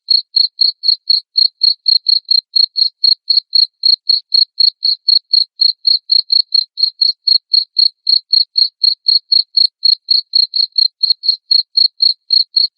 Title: Suara JANGKRIK NGERIK Keras Bikin LOVEBIRD Jadi NGEKEK Terus